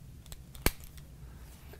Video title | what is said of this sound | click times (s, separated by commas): ConnecTec Cat: Terminations Series, Part 1 - CAT5 Keystone Enhance Jack | you want to make sure it's properly latched up in this a little cavity that holds it you'll actually click in place and | 0.7 s